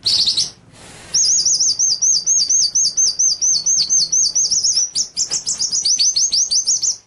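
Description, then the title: White-rumped shama song: a brief high burst, then a long, fast, wavering whistled trill that breaks into quick separate notes, delivered clearly with little background. Masteran (training) track of murai batu song, full 'ngerol nembak' style: rolling trills and sharp, shooting notes. "Masteran Murai Batu Full Ngerol Nembak"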